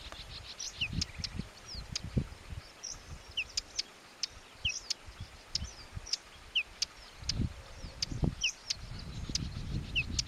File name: Ruslan Mazuryk - Whinchat (Saxicola rubetra)